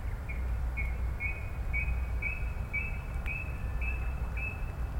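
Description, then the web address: Brown-cheeked rail giving a run of about nine short whistled notes at an even pace, slightly rising in pitch, with a steady low hum underneath. "koe kuina"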